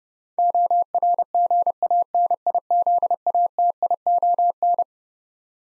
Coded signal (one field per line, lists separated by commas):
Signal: Morse code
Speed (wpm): 30 wpm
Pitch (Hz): 700 Hz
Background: none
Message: ORGANIZATION